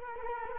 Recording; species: mosquito wingbeat signal from an infrared sensor; Culex quinquefasciatus